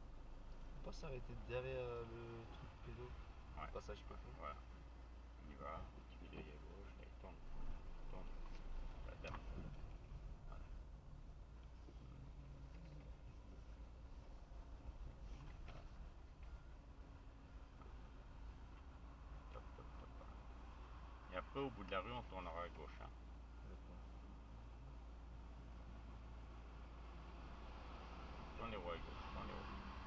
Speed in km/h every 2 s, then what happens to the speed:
8, 3, 0, 8, 5, 6, 8, 2, 3, 1, 0, 0, 0, 1, 0.
0-3 slows to 0. 14-30 standing.